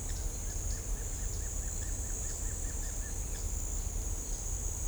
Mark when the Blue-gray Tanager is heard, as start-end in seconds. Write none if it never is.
none